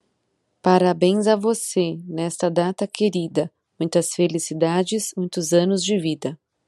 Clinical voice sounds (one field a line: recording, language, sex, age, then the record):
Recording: short text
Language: Brazilian Portuguese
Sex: female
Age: 30 to 39 years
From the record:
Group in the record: control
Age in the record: 35 years